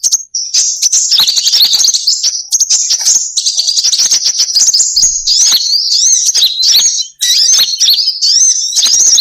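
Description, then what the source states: Bird song of fast, high twittering and warbled notes, chattering almost nonstop with quick trills and chirps throughout. Lure sound used to attract birds that are hard to approach.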